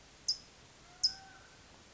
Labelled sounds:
California Towhee (Melozone crissalis)
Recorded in Sonoma County, California

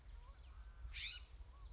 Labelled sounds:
California Scrub-Jay (Aphelocoma californica)
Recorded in Sonoma County, California

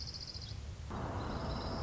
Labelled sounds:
Orange-crowned Warbler (Leiothlypis celata)
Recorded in Sonoma County, California

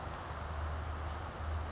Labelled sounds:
California Towhee (Melozone crissalis)
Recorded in Sonoma County, California

